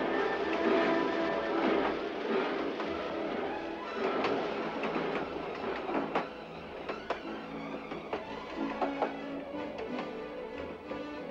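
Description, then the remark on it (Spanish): A train rumbles past on its rails, a dense, steady clatter with repeated metallic clicks and squeals riding over a low mechanical roar, with no voices. “¡No es para asustarlo, pero ahí viene un tren!”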